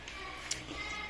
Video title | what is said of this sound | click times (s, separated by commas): 滚筒洗衣机维修，更换门玻璃体，自己网上淘一个回来就能换。 | 它对准，然后把这些卡扣卡进去就可以了啊。 | 0.5 s